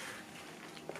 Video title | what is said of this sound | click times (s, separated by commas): Trek Marlin 5 Tubeless Conversion | and I'm going to pull it back. There it went. Did you hear it pop into place? | 1.0 s